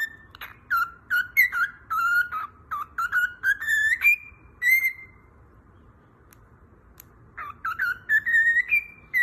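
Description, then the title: Cockatiel whistling a tumbling run of swooping notes, then a quiet gap of about two seconds before a rising series of whistles. Several cockatiels singing, whistled song. "Calopsitas Cantando Assobio"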